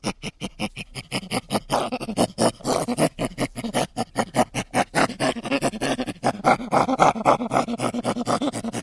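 Chimpanzee making fast, harsh, breathy panting calls in a rapid rhythmic series.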